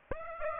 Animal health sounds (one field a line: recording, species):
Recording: mosquito wingbeat signal from an infrared sensor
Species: Aedes aegypti